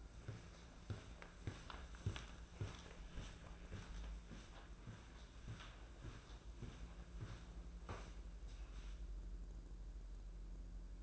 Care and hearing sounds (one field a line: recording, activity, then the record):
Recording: daily activity, microphone in the room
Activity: walk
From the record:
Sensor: 2